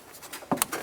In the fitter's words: listen for a click give it a tug make sure it's secure lock it in with that red tab